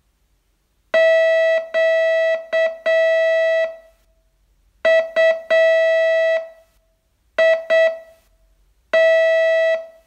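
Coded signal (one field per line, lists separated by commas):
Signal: Morse code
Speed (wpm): 7 wpm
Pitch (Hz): 650 Hz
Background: music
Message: QUIT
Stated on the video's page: Morse training test, day 30 of a 42-day course.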